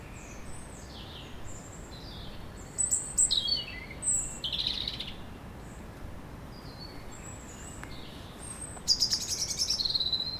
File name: Erithacus rubecula